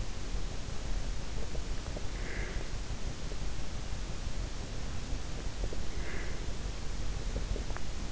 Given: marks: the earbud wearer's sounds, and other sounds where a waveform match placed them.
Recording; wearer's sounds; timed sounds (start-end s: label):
sounds in sleep by an in-ear microphone; breath
2.09-2.72 s: breath
5.81-6.54 s: breath